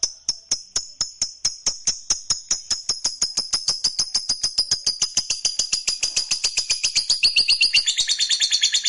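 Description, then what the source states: Lovebird song starts as spaced clicks, then speeds into a dense, shrill, buzzy trill that swells toward the end. Fighter lovebird singing energetically (gacor).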